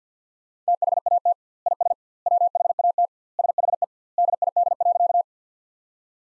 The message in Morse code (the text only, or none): THAT IS WHAT SHE DID.